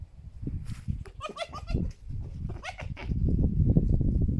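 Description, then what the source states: Fox giving two short bursts of chattering yelps over a constant low rumble. Fox described as laughing.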